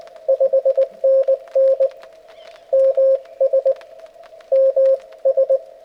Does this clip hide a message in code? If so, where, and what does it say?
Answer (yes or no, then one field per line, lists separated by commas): yes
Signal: Morse code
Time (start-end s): 0.3-5.6 s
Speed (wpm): 21 wpm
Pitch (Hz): 530 Hz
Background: radio noise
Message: 5NN MS MS